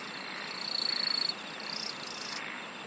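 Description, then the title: Insect song with a shrill, fast-pulsed trill of almost a second, followed by a quieter second burst, against a continuous hiss. "SINGING OF INSECTS"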